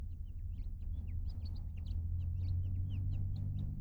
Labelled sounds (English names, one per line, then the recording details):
House Finch song
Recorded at Hewlett Harbor on Long Island, New York, on 10 June 1975
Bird M